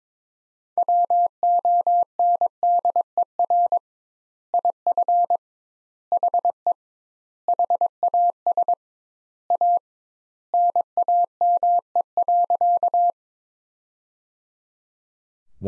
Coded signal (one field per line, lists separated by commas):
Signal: Morse code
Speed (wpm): 22 wpm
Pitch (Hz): 700 Hz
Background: none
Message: WONDER IF HE HAS A NAME.